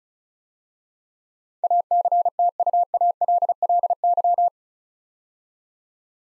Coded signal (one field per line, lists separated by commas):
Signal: Morse code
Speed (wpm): 34 wpm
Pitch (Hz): 700 Hz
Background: none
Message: ACTUALLY